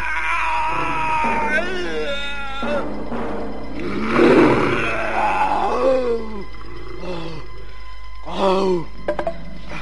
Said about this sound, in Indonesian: Lalu terdengar suara meraung keras.